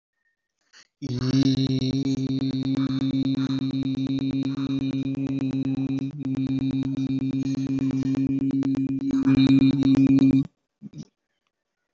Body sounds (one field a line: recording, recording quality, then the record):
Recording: sustained vowel as in beet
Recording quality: excellent, no background noise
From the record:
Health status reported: exposed to COVID-19, no respiratory illness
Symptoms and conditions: none ticked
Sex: male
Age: 22 years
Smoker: not ticked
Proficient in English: yes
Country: India